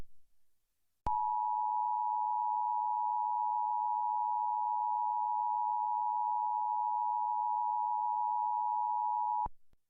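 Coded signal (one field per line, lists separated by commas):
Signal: Emergency Alert System (SAME) tones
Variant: 853 and 960 Hz attention tone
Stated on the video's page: Recreation of a real flash flood warning originally received on a NOAA Weather Radio.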